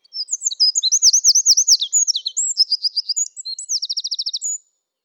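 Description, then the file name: Eurasian wren song: a high, fast cascade of trilled and ticking notes for around four and a half seconds, closing in a dry rapid rattle, then silence. "Troglodytes troglodytes"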